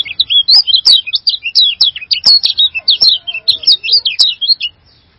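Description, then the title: Bird singing a long lively sequence of high twittering and chirping notes for nearly five seconds, with a faint lower whistle in the background. "burung online"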